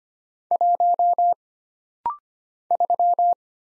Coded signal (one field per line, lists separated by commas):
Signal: Morse code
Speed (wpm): 25 wpm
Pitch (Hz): 700 Hz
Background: none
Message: 1 3